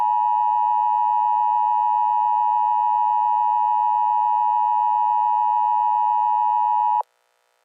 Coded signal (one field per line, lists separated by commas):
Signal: Emergency Alert System (SAME) tones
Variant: 853 and 960 Hz attention tone